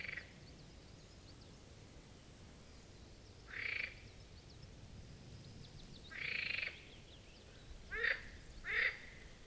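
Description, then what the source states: Marsh frog calls, a few drawn-out rattling croaks separated by quiet pauses, then two shorter croaks close together. Chorus at the Birkensee, Schönbuch, Germany, on one of the first proper hot summer days of 2023.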